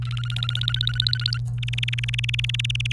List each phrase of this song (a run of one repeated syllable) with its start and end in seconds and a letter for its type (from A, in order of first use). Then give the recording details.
0.02-1.38 A, 1.58-2.92 B. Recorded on 29 April 2018 at 14:31. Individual llb3